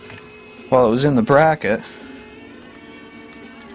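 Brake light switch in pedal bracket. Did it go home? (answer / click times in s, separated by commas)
released / 3.6 s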